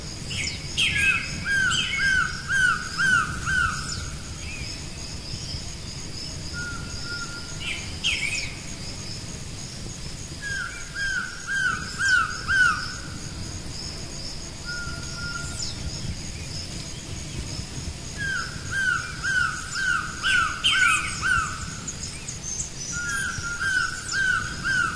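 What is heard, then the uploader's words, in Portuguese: A soundscape from a tree canopy: a bird repeats quick, chirping phrases in bursts every few seconds, with short single whistles between them. A thin, steady high hum runs throughout over a low, rustling rumble. Uma confortável cabana em cima de uma bela e ancestral árvore na Serra da Bocaina (SP). A paisagem sonora que se escuta na copa de uma árvore.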